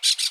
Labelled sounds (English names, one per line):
Brown-throated Parakeet contact call